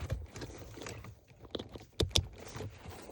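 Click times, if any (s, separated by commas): 2.0 s, 2.2 s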